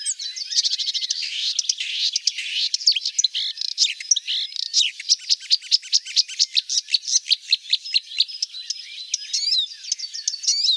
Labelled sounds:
Marsh Warbler song

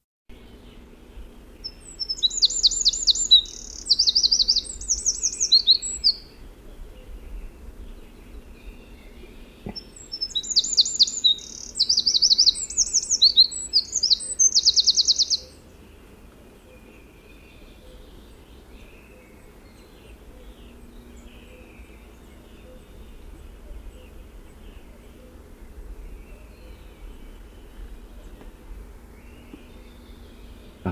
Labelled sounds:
Eurasian Wren song

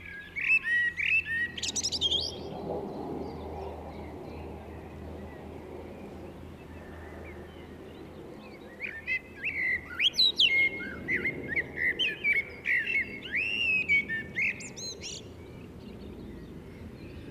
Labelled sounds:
Common Blackbird song

